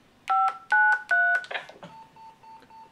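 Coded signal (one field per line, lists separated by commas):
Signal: DTMF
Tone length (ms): 380 ms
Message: 593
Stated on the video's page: UHF repeater with automatic ID and remote control.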